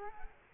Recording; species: mosquito wingbeat signal from an infrared sensor; Culex quinquefasciatus